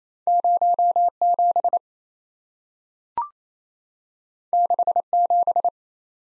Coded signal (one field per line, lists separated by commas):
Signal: Morse code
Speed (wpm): 27 wpm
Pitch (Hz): 700 Hz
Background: none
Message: 07 67